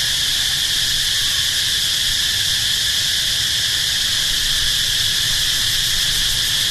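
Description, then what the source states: Locust call as a continuous shrill hiss holding an even pitch throughout, with a faint low rumble of traffic underneath. Recorded at night in Siem Reap, Cambodia, with traffic passing.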